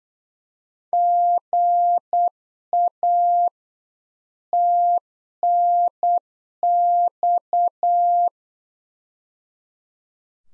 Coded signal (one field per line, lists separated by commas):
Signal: Morse code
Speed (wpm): 8 wpm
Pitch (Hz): 700 Hz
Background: none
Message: GA TNX